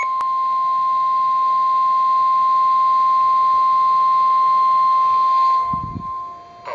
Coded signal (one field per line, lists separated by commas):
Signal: Emergency Alert System (SAME) tones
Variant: 1050 Hz attention tone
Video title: Severe Thunderstorm Warning (EAS #468)